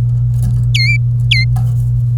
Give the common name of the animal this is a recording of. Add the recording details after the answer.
Domestic Canary. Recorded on 25 April 2018 at 15:55. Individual llb3